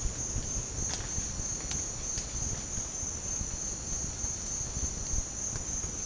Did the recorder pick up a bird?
no